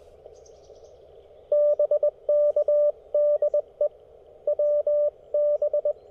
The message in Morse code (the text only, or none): BK DE WB